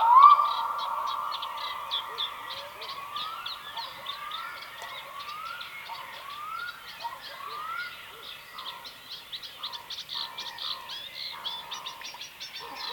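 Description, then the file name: Black-throated diver calls: a series of rising, wailing glides repeated about every second, over a busy chatter of many other high-pitched birds. "Digiffects Sound Effects Library - Black Throated Diver Bird Version 1"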